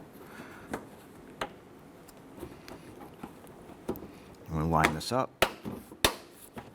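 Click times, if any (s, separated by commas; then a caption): 6.0 s. On a 2008-2012 Honda Accord, during a headlight assembly replacement, the front bumper edge is lined up and pushed into the black plastic mounting clip while someone talks, with light tapping and handling noises. A sharp snap at 6.1 s marks the bumper seating into the clip.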